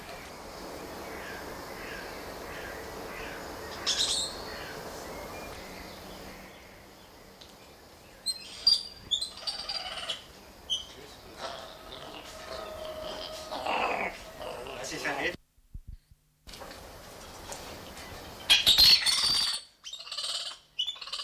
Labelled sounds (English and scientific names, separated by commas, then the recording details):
Black-handed Spider Monkey (Ateles geoffroyi)
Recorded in captivity
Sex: group
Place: Tiergarten Schönbrunn, Wien, AT
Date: 1989-06-08 20:43
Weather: fair, 14°C
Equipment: Sony WM-D6C, Kopie Tesla B 116
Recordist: Tembrock, Günter